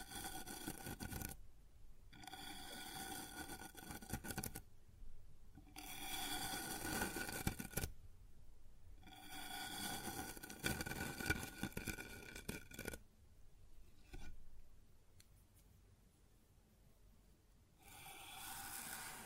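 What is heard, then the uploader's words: Rubbing on a wooden surface comes in repeated strokes, each lasting about two to three seconds with short quiet gaps between them. The scraping is gritty and fairly bright, with a steady tonal whine running through each stroke, and the later strokes sound thinner. ASMR Sounds on Wooden Surface (No Talking).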